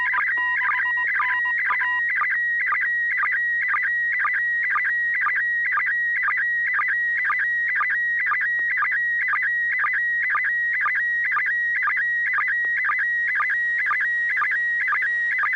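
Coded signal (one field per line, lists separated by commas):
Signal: SSTV (slow-scan television)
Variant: PD120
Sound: steady whistling tone broken by rhythmic chirpy warbles about every half second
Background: low hum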